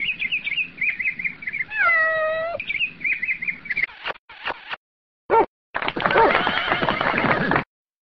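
Animal calls: a run of quick, chirpy high notes, a drawn-out meow-like cry, more chirpy notes, then sharp clicking bursts and a long, loud, rasping noise, separated by short silences.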